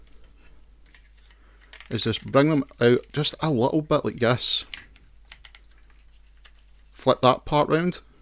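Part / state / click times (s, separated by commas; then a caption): plastic toy leg section into the leg assembly / not seated / none. Someone talks while handling a Transformers Studio Series 86-06 Grimlock robot toy, bringing the legs out a little and flipping a plastic leg section round to go into the leg assembly. Brief faint plastic taps sound in the pause between talking, around 5.0 to 5.6 seconds and again near 6.5 seconds. The leg section has not clicked into place yet.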